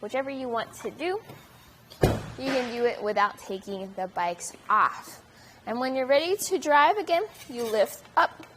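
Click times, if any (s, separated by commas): none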